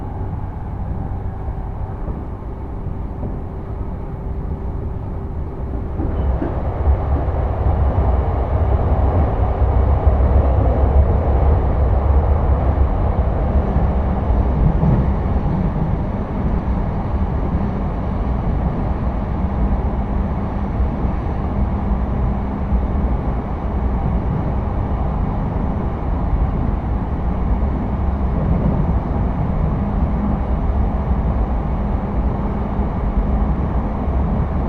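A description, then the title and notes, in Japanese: A ride aboard a train on the Sotetsu through line heading toward Futamatagawa, with a steady low rumble of the car throughout. Around six seconds the sound thickens and brightens as the train picks up speed, then holds an even, dense roar with faint tonal hums drifting beneath. 耳で楽しむ鉄道旅 武蔵小杉→二俣川→大和。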